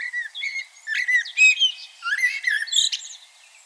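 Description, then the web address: Common blackbird singing continuously, a dense run of whistled warbles and squeaky high twitters rising and falling throughout. "SETE data Turdus merula"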